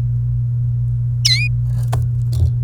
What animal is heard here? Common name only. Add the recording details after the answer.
Domestic Canary. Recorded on 29 April 2018 at 17:06. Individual llb3